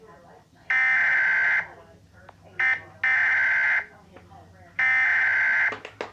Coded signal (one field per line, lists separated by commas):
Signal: Emergency Alert System (SAME) tones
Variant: header bursts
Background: speech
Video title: EAS Remastered Mock: the hijack